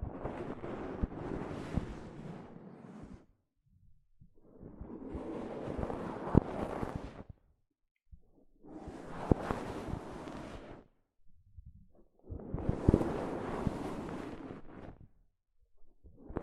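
Soft fabric brushes over a microphone in four long, rough strokes of about two to three seconds each, separated by short near-silent gaps. Each stroke is a dense, hissing rustle, fuller in the low end, with a few sharper scratches and thumps.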